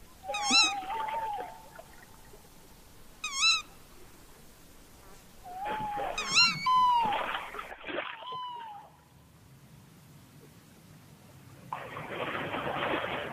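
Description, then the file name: Tawny owl calls: a few sharp, wavering notes rich in harmonics and lower drawn-out falling notes, with patches of broad hissing noise. "chouette hulotte"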